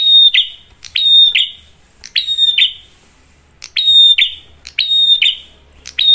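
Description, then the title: Prinia giving shrill, piercing whistled notes introduced by sharp clicks, delivered in uneven bursts with brief gaps. Lure recording of a lively, clear-voiced prinia, meant to make other birds start singing. "Pancingan Prenjak Gacor Suara Jernih, Bikin yang Lain ikut Bunyi"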